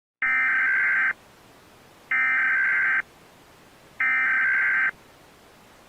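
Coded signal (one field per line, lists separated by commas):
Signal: Emergency Alert System (SAME) tones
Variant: header bursts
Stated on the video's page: Fictitious EAS scenario, simulated alert about dangerous rainfall.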